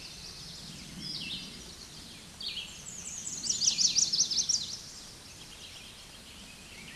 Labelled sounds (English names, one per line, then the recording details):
Red-eyed Vireo song
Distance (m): 25 m
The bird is about 10 m above the microphone
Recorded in a Pennsylvania forest on 16 May 2024 at 08:50
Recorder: AudioMoth, point MSD-0475
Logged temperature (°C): 12.3 °C
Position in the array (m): 138 m, 19 m